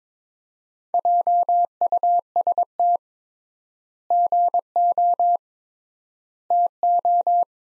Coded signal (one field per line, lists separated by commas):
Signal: Morse code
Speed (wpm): 23 wpm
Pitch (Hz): 700 Hz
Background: none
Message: JUST GO TO